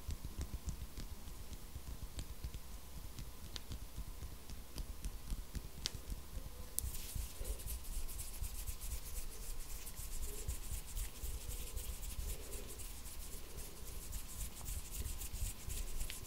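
Hands rub steadily against a rough surface, a dense scratchy friction that grows brighter and more crackly after about seven seconds, over a low hum.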